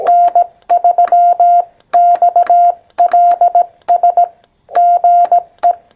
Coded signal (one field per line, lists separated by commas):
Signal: Morse code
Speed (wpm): 18 wpm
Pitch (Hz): 700 Hz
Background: none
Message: N3XLS GE